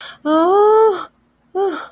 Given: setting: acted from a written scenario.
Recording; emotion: vocal sound without words; sympathy